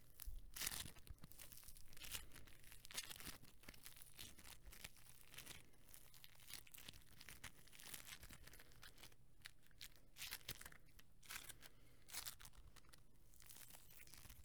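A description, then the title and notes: Kinetic sand being cut and rubbed gives dense, irregular crunching and crinkling, sharper bursts near the start, then steadier soft scraping throughout. Kinetic sand (cutting with a knife and rubbing).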